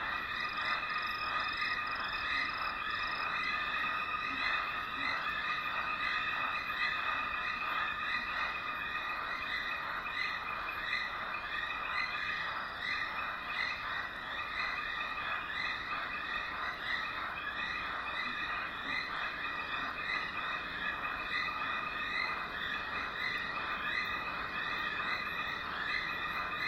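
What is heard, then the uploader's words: A dense night chorus fills a dry riverbed at the start of the rainy season, dominated by frogs or insects calling in rapid, regular pulses. Steady bright tones sit over the throbbing mass, unchanging throughout, with little low sound beneath. Durational audio recording of the sound environment around a dry stretch of the Limpopo River in South Africa at the beginning of the rainy season. The recording begins just before dusk and continues through late morning. Audio encoding: Stereo FLAC at 48kHz, 24bit.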